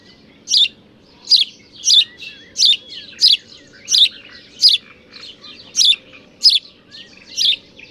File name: Passer domesticus